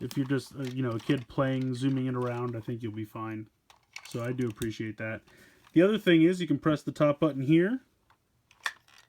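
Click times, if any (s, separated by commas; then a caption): 8.7 s. Someone talks, then presses the top button on a plastic Playskool Star Wars Galactic Heroes Poe's X-Wing Fighter toy. Its spring-loaded S-foil wings swing open and lock into attack position with a sharp plastic snap at 8.7 seconds, with a few faint ticks around it. The wings are locked in place.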